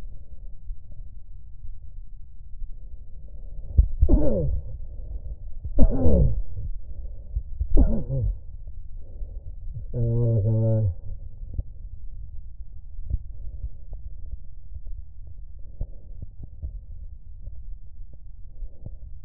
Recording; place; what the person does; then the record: lung sounds by stethoscope; right anterior apical chest; quiet breathing, then cough and speech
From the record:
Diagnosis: COPD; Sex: male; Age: 69 years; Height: 162 cm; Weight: 124.8 kg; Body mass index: 47.6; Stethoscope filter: extended mode